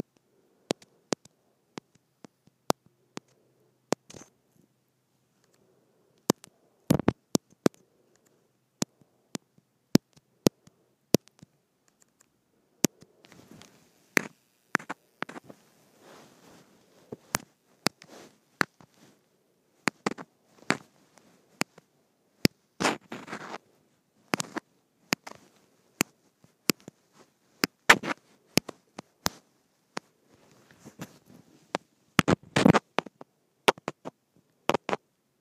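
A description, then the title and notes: A microphone taps against plastic in sharp, irregular clicks and knocks, some in quick clusters, with near silence between them. Microphone Tapping Against Plastic.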